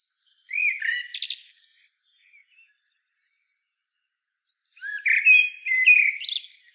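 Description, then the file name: Common blackbird song: a low fluting warble ending in a squeaky, twittering flourish, then silence before a second rich, warbled phrase. "Turdus merula"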